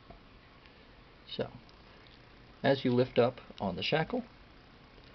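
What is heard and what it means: Someone talks while handling a disassembled Safe Skies luggage padlock, lifting up on the shackle, which pulls the search-indicator up. A few faint ticks sound under the speech. Nothing has seated or clicked yet, and the indicator's small internal lever has not locked in place at the bottom of the padlock body.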